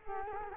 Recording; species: mosquito wingbeat signal from an infrared sensor; Culex quinquefasciatus